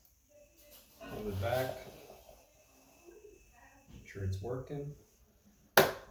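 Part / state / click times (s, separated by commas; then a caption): upright vacuum handle into its body lock / seated / 5.8 s. Someone talks while testing the plastic handle lock release on the back of a thrift-store Eureka PowerSpeed upright vacuum, bringing the handle back into its body lock. A single sharp, loud click at 5.8 s shows the handle has locked into position as it should.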